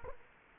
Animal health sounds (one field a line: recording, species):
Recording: mosquito wingbeat signal from an infrared sensor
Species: Culex quinquefasciatus